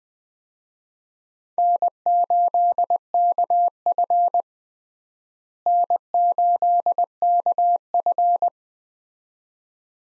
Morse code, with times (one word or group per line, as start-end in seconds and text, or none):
1.6-4.4 N8KF
5.7-8.5 N8KF